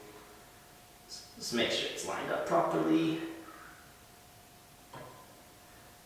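A brake pad is being lined up against the caliper bracket clips on an S2000 during a brake rotor and pad replacement, before it is pushed home. Someone talks from about 1.1 to 3.5 seconds over a steady faint hum, and a brief soft handling sound follows near 4.9 seconds. The pad has not yet seated and nothing has clicked.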